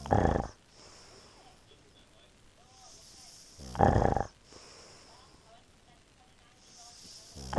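Loud, rough, low-pitched snores come in short bursts about every 3.7 seconds, roughly 16 a minute, with quiet breathing and faint room noise in between. This is ordinary heavy snoring from a sleeping adult man, a husband whose snoring is likened to a walrus.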